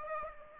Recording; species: mosquito wingbeat signal from an infrared sensor; Aedes aegypti